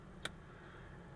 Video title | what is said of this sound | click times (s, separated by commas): Benzin pompa csere Audi A4. | So lube up the end and just click this in until it clicks, or push it on until it clicks. | 0.3 s